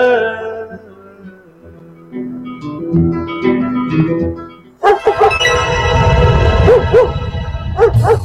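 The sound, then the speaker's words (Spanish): A few seconds of tonal music give way to a sudden burst of loud, rapid dog barking, sharp repeated barks over a rough growling undertone that continues to the end. “Un perro americano.”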